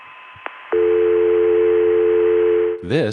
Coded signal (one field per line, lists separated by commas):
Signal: telephone call progress tone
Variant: North America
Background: speech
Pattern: dial tone